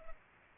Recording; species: mosquito wingbeat signal from an infrared sensor; Culex pipiens